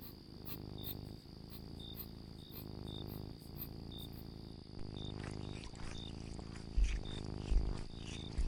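Domestic cat purring, low rumbling bursts in steady breath-like cycles, with a steady high whine and faint chirps, and a few louder knocks near the end.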